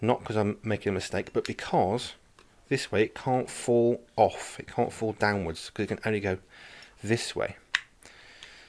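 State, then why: Seated. Someone talks while sliding the small plastic cover of a battery box for LED string lights into position, where it comes on only one way so it can't fall off. A sharp click is heard at 7.8 s as it locks into place, followed by a few fainter ticks. The cover ends up seated and locked.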